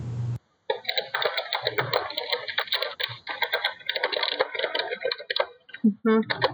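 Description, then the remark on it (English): A man rapidly typing on a keyboard while chatting with a friend, a dense, steady clatter of crisp keystrokes running for several seconds with barely a pause, ending in a few scattered final taps. “He's typing furiously.”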